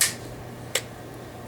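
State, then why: Not seated. A Generation 3 polymer dust cover is pressed repeatedly onto a Generation 2 polymer Magpul PMAG rifle magazine, making a sharp plastic tap at 0.0 s and another at 0.8 s over a low steady hum. The cover has not latched or clicked into place, because a Generation 3 dust cover does not fit a Generation 2 magazine.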